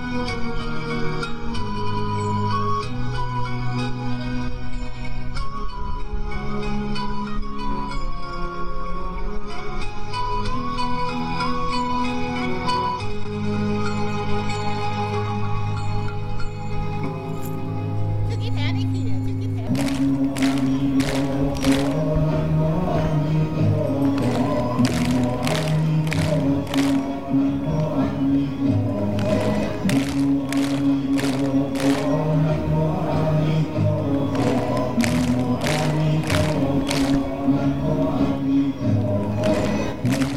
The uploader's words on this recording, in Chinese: 片段三：20180122，曼谷金佛寺诵经。